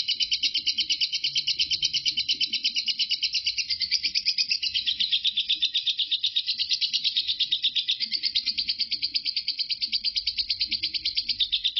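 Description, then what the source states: Lovebird ngekek song: a continuous, rapid high chatter with evenly repeated pulses, sustained throughout over a quiet low background. Lovebird Marco performing ngekek; the ngekek recording lasts 5 minutes 25 seconds.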